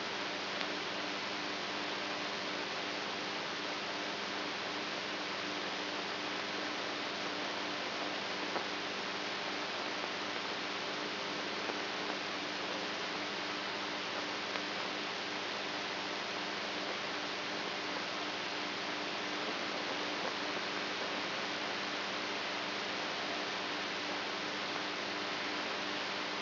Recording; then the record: brain microelectrode recording played as sound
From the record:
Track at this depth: outside the subthalamic nucleus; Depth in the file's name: 6.706 mm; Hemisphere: right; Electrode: 3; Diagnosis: Parkinson's disease